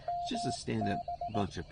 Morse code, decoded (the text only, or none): MB